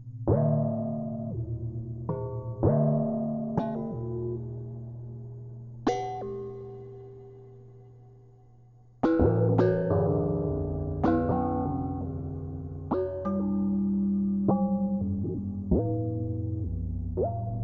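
Everyday objects like saucepan lids, glasses and metal vessels are struck one at a time, each leaving a clear ringing tone that slowly fades. Strikes come every second or so, with a quiet gap of long decay around six to nine seconds, then denser overlapping hits follow.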